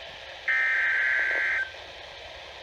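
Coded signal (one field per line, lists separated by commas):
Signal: Emergency Alert System (SAME) tones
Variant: header bursts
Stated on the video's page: SAME alert tones from severe thunderstorm warnings received by DX on NOAA Weather Radio with a Midland WR120; one station barely heard through interference from another.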